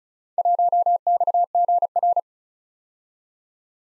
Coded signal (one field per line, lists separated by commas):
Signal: Morse code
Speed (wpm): 35 wpm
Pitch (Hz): 700 Hz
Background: none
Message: 1XGR